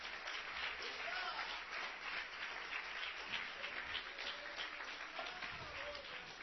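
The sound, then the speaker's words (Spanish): A crowd applauds for Christ in the afternoon, steadily for several seconds, a dense, continuous wash of clapping at an even loudness, with a few voices mixed into the noise. “¿Le puede dar un aplauso a Cristo en esta tarde?”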